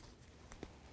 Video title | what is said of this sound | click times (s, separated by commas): How to Replace Front Lower Ball Joint 2007-14 Cadillac Escalade | Listen for a click, give it a tug. | 0.5 s